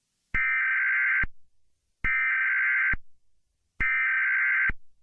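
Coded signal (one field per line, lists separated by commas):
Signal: Emergency Alert System (SAME) tones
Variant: header bursts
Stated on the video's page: Fictional EAS scenario.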